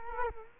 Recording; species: mosquito wingbeat signal from an infrared sensor; Culex quinquefasciatus